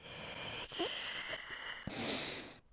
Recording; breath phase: one breath near a microphone; inhalation